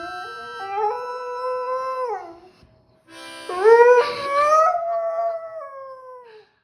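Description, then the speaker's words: Dog giving two howls: a level, sustained wail that drops off, then after a brief gap a louder howl that climbs, wavers and slides down as it fades. Pet dog howling along with a harmonica played in a living room, tail wagging. "Griffy was howling along with my brother's harmonica, tail wagging."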